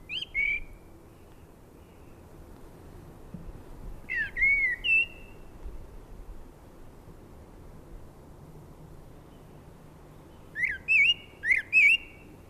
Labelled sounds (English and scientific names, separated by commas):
Common Blackbird (Turdus merula) song